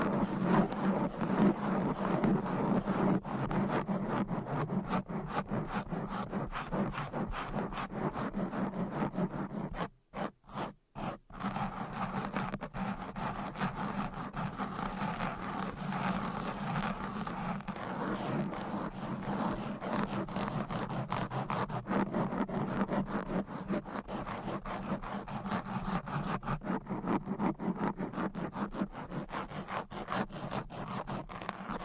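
Fast, aggressive tapping and scratching with nails on various items runs nearly nonstop, a dense rapid patter with a low rumbling body and scratchy upper edge. Around ten seconds it briefly cuts to near silence in a few short gaps, then resumes just as busy.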